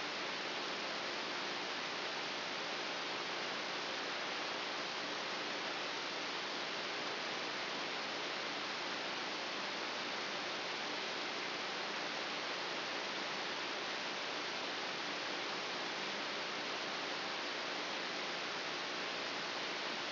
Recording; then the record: brain microelectrode recording played as sound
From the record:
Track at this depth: outside the subthalamic nucleus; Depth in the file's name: 5.201 mm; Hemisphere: right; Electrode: 3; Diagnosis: Parkinson's disease